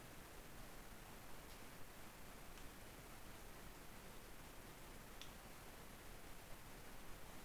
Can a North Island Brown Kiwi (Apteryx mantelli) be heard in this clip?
no